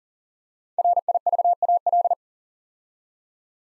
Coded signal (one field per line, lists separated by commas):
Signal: Morse code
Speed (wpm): 39 wpm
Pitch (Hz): 700 Hz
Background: none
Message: RIVAL